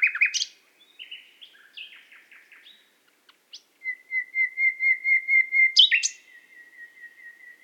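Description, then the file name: Common nightingale song: mixed chattering phrases, then a long series of pure, evenly pulsed whistles, a sharp flourish, and a sustained fading whistle. "Luscinia megarhynchos"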